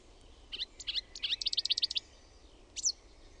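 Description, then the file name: Marsh warbler song: a quick rattling series of high chipping notes, then a pause and one sharp slurred note. "LUHTAKERTTUNEN"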